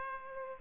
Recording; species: mosquito wingbeat signal from an infrared sensor; Culex pipiens